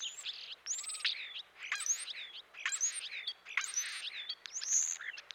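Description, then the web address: European starling with a varied, chattering song of grating rattles, squeaks and slurred high whistles in rapid, uneven phrases. Eastern North America. "Dan Gibson Wildlife Identification By Sound, Eastern North America Pt 2. European Starling"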